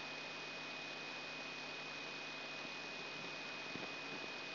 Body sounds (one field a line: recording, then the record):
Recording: brain microelectrode recording played as sound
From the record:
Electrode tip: outside the subthalamic nucleus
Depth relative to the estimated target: -4 mm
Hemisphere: right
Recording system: AlphaMap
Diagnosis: Parkinson's disease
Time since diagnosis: 6 years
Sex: female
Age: 40 years